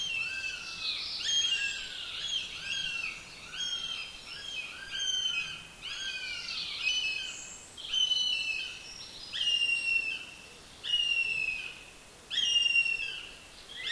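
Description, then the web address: Bird calls, harsh arched notes with layered overtones, repeated roughly every one and a half seconds in a steady series, with a faint hiss behind. "madarak admin enek"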